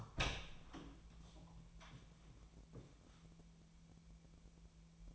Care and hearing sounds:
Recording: daily activity, microphone in the room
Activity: open door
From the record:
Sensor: 1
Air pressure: 1000.4 hPa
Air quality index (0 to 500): 181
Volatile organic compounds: 4 ppm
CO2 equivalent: 1673 ppm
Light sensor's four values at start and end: 13/31/13/15 and 13/32/13/15

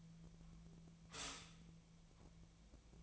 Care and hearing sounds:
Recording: daily activity, microphone in the room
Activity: stop toaster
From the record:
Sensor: 1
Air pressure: 1009.3 hPa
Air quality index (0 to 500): 196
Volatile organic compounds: 19 ppm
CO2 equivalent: 2672 ppm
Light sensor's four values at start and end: 22/56/23/27 and 25/64/26/31

